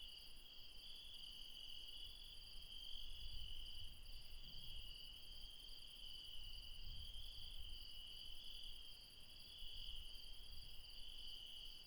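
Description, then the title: Insects keep up a continuous high-pitched trilling chorus, layered and steady, with low rumbling noise swelling now and then underneath. Insects late at night in the mountains at Refuge Krevatia, Barbala, near Dion, Greece. "Refuge Krevatia, Μπαρμπαλά, Dion 601 00, Greece - Late night mountain insects"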